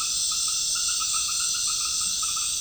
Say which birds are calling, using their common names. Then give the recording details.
none. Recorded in dense forest near Puerto Asís, Putumayo, Colombia, on 18 February 2024 at 19:00. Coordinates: 0.502, -76.324. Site G6370